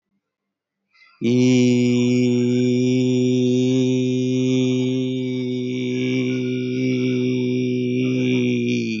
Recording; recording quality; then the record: sustained vowel as in beet; excellent, no background noise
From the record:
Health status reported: healthy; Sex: male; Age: 28 years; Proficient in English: yes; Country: India